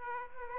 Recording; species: mosquito wingbeat signal from an infrared sensor; Aedes aegypti